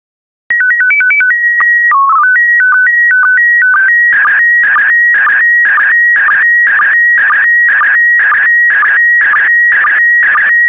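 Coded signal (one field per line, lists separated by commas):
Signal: SSTV (slow-scan television)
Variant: PD120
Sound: stepping calibration tones, then a rhythmic warbling whistle with regular short sync blips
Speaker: transmission complete you can now check your decoded image against the picture that is shown on the video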